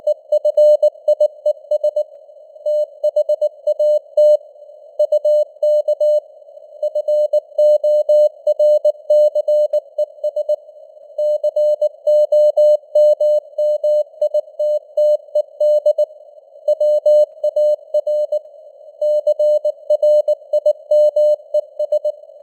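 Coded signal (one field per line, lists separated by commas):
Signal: Morse code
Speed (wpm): 19 wpm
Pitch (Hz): 600 Hz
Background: none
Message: EFIES THAT UK FORCES COMMITTED WAR CRIMES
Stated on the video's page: Computer-generated 19 wpm Morse news headlines with simulated radio noise and varying signal strength (QSB).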